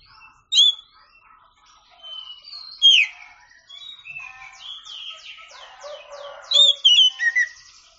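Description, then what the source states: Oriental magpie-robin song: loud whistled phrases with rising and falling notes, fast trills and rapid repeated downslurred chips, with quieter buzzy chatter between the bursts. Champion singing bird.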